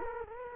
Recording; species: mosquito wingbeat signal from an infrared sensor; Culex quinquefasciatus